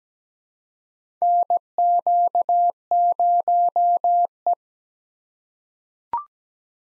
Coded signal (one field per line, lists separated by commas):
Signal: Morse code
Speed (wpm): 17 wpm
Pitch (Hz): 700 Hz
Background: none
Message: NQ0E